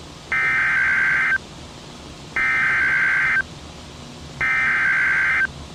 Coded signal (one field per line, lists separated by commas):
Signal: Emergency Alert System (SAME) tones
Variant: header bursts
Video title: (EAS#65) Severe Thunderstorm Warning